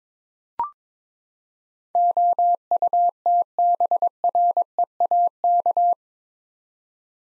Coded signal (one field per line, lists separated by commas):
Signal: Morse code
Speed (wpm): 22 wpm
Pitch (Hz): 700 Hz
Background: none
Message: OUTBREAK